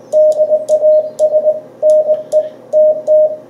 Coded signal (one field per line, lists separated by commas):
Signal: Morse code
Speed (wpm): 20 wpm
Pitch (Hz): 620 Hz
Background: radio noise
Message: DAS NETT